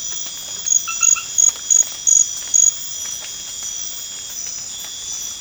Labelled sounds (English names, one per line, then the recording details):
none
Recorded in pastures near Puerto Asís, Putumayo, Colombia, on 12 March 2025 at 00:00
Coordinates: 0.502, -76.324
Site GP07